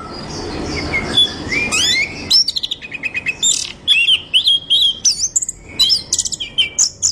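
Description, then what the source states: Orange-headed thrush singing a varied run of rising and falling whistled notes and sharp chips, starting softly then becoming loud, fast and choppy. Described as gacor (singing vigorously).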